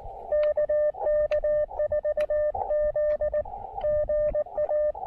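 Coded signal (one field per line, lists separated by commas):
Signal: Morse code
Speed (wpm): 18 wpm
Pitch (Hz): 560 Hz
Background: radio noise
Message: KK4Z GA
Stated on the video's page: Morse from a POTA park activation, apparently sent with Elecraft KX2 and KXPD2 paddles.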